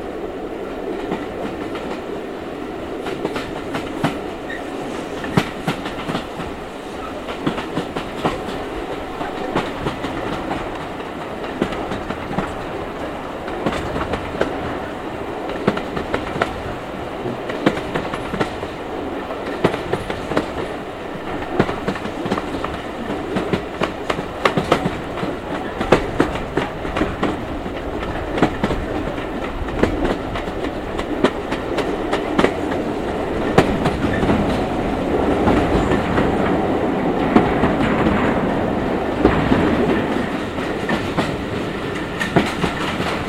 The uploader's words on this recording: South Devon Railway. A journey in sound on a real steam railway.